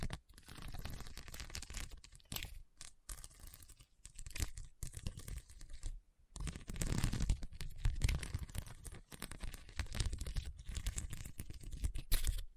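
Scratching over a hard, bumpy surface in rough, uneven strokes, with brief silent gaps near two, four and six seconds.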